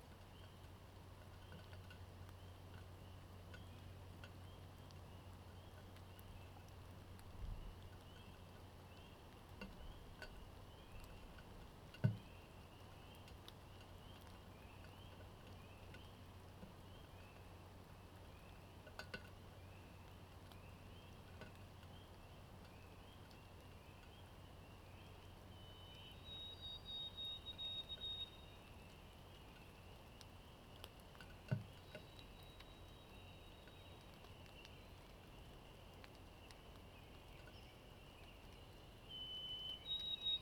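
A soundscape from the eastern Parry Sound District of Ontario: a steady low hum runs underneath, with a continuous wavering insect-like trill high above. Brief bird chirps sound around 26–28 seconds, and a few sharp clicks land near 12 and 31 seconds.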